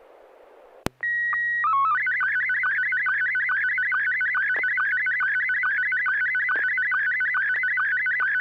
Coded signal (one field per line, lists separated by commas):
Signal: SSTV (slow-scan television)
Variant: Scottie 1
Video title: N6NA SSTV Net - 08/21/2024